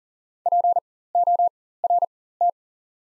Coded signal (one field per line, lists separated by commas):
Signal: Morse code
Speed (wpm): 40 wpm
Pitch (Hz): 700 Hz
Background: none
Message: PORT